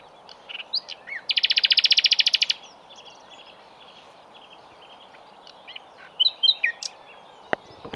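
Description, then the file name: Common nightingale song with a loud, rapid stuttering trill over about a second, followed by scattered varied notes and a sharp click near the end. "Luscinia megarhynchos"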